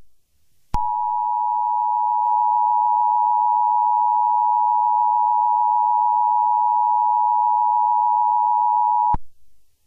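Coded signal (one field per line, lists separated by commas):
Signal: Emergency Alert System (SAME) tones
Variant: 853 and 960 Hz attention tone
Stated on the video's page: Fictional EAS scenario about the moon colliding with Earth.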